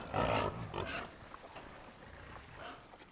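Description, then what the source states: Pig grunting, one rough harsh burst at the start followed by a few faint low grunts as the sound fades. Herd of pigs grunting.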